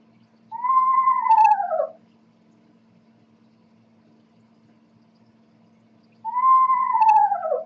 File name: Eastern Screech Owl